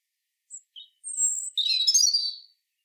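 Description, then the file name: European robin song: two thin high notes, then a rapid, tumbling phrase of high, sweet, warbled notes lasting about a second and a half, with no other sounds. "Erithacus rubecula"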